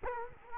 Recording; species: mosquito wingbeat signal from an infrared sensor; Culex quinquefasciatus